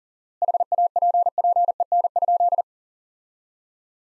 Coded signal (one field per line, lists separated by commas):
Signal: Morse code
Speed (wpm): 40 wpm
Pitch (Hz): 700 Hz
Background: none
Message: HAPPEN?